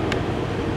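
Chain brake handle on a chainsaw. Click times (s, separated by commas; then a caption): 0.1 s. The chain brake handle on a chainsaw is pulled back toward the operator and clicks into the off position at 0.1 s, releasing the brake so the chain can turn freely. The sharp click sits over a steady low rumble that continues throughout.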